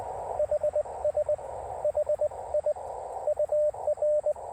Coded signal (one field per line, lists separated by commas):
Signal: Morse code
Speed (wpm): 19 wpm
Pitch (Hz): 600 Hz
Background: radio noise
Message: HS HI UR